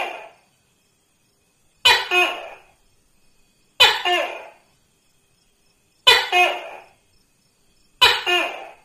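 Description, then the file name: Tokay gecko calling, loud two-part barking notes with a sharp start, repeated about every two seconds in quiet surroundings. "tieng-tac-ke-keu-5-tieng"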